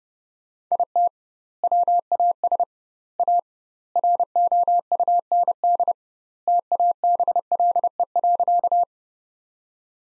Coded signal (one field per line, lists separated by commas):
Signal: Morse code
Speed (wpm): 30 wpm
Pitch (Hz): 700 Hz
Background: none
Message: IT WAS A ROUND TABLE.